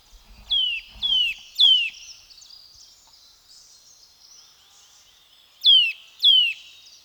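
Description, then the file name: Eurasian nuthatch with sharp, falling whistled notes, three together, then a quiet gap and two more; soft low thumps early on. "Sitta europaea"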